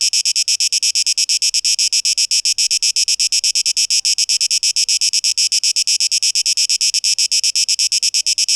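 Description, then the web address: Cicada: a pulsing, shrill buzz of rapid, regular pulses, unchanging from start to end. 12 August 2023. "rauschpartikel 2023-08-12 Zikaden"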